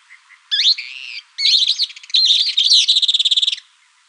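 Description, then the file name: Thick-billed kingbird giving a loud run of harsh notes that becomes a rapid chattering trill before stopping. Recorded in Arizona on 16 May 2001. "TBKI 1 deviche"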